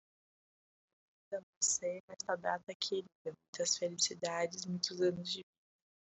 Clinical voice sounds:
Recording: short text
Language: Brazilian Portuguese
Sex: female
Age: 30 to 39 years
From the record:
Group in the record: control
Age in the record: 31 years

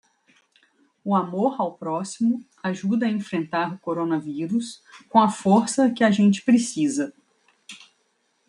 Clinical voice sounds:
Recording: spoken sentence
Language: Brazilian Portuguese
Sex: female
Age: 40 to 49 years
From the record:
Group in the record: control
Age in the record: 43 years

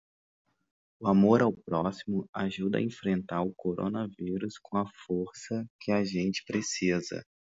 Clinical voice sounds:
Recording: spoken sentence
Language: Brazilian Portuguese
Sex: male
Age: 30 to 39 years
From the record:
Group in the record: control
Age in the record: 33 years

